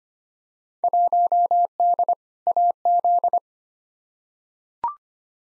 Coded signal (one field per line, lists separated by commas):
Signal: Morse code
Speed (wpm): 25 wpm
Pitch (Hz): 700 Hz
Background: none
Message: 1D AZ